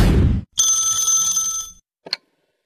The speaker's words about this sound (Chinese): 正想着呢，又一个陌生来电